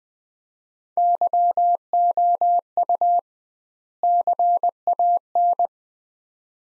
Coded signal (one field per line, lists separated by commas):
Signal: Morse code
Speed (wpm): 20 wpm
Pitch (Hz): 700 Hz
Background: none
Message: YOU CAN